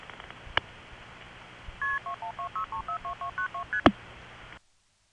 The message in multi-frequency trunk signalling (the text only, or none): KP2126342292ST